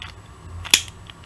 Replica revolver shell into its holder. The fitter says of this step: ça se clipse et les douilles